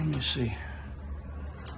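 Someone talks while trying to drive a cross-threaded screw into the threaded hole holding an underbody cover on a 2023 Lexus GX460, and a brief sharp sound follows at 1.7 s. The screw won't thread in, so nothing has seated or clicked yet, and the threads need a thread chaser.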